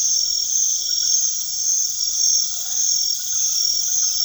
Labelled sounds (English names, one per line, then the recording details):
none
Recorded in secondary vegetation near Puerto Asís, Putumayo, Colombia, on 21 February 2024 at 00:00
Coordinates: 0.500, -76.326
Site G6428